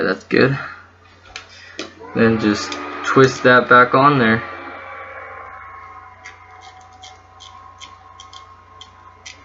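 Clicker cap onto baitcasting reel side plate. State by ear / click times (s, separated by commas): not seated / none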